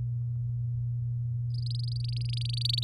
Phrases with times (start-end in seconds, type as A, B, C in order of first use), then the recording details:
1.50-2.84 A. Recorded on 9 May 2018 at 14:59. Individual llb16